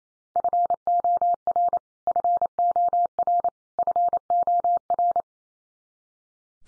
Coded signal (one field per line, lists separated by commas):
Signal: Morse code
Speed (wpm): 28 wpm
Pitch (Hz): 700 Hz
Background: none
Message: FOR FOR FOR